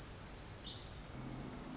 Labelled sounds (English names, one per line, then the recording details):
Pacific Wren
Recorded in Sonoma County, California